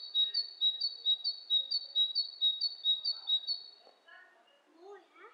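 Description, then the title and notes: Bird calls: steady run of high, sharp two-note chirps about twice a second, then softer, lower chirps and twittering notes. Two birds interacting, lo-fi recording. "bird dialogs. lo-fi recording of two birds interacting"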